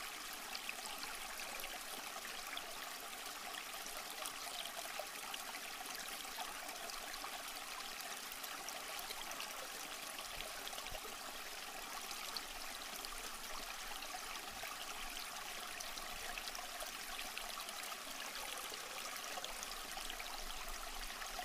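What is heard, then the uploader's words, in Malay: A river runs steadily throughout, a dense hiss of rushing water that stays even from start to finish. The sound is bright and airy with little low rumble, and no other distinct sounds stand out. Bunyi 'SUNGAI'.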